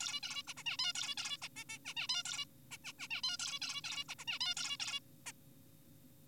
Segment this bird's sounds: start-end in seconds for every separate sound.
0.01-0.21, 0.23-0.43, 0.47-0.54, 0.57-0.64, 0.66-0.77, 0.79-0.93, 0.95-1.15, 1.18-1.38, 1.42-1.49, 1.56-1.64, 1.70-1.78, 1.85-1.94, 1.97-2.08, 2.09-2.23, 2.25-2.45, 2.71-2.77, 2.85-2.93, 2.99-3.08, 3.11-3.21, 3.23-3.37, 3.40-3.59, 3.62-3.81, 3.84-4.04, 4.09-4.15, 4.19-4.25, 4.28-4.39, 4.41-4.54, 4.57-4.77, 4.80-5.00, 5.26-5.32